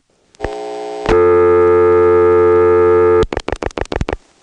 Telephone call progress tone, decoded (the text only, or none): dial tone